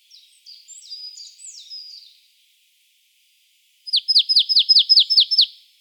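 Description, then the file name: Marsh tit calls: soft, scratchy, buzzy notes, then a pause, then a loud run of several sharp descending notes. "Poecile palustris"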